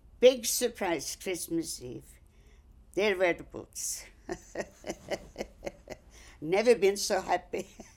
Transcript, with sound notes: big surprise Christmas Eve, there were the boots. ( she laughs ) Never been so happy.